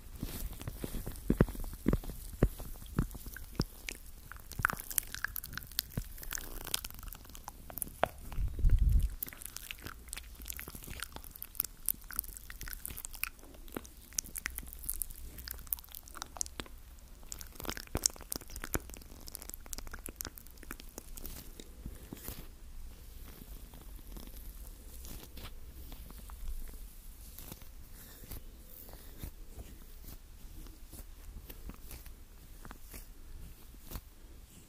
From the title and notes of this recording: ASMR Super Close Up MOUTH Sounds.